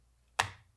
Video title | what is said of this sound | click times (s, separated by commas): Hunting Knives for 2021 - Knife Buyer's Guide | good click good retention and you get a lot of | 0.4 s